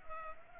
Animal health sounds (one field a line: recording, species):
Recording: mosquito wingbeat signal from an infrared sensor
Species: Culex pipiens